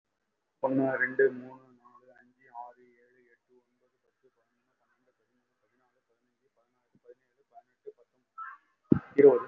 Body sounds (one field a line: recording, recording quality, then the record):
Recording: counting at a fast pace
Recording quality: moderate, slight background noise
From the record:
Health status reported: recovered from COVID-19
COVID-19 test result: positive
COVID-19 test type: RT-PCR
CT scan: taken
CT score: 5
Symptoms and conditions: cough, cold, breathing difficulty, chronic lung disease, pneumonia, ischaemic heart disease, another condition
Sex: male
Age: 57 years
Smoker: no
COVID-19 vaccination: both doses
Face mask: worn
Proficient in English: no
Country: India